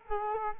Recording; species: mosquito wingbeat signal from an infrared sensor; Culex quinquefasciatus